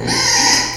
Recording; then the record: squeal of a Yucatan mini pig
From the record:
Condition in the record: before surgery on the right vocal fold (resection and tissue-engineered implant); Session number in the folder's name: 2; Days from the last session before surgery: 0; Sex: male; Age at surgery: 12 weeks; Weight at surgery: 13 kg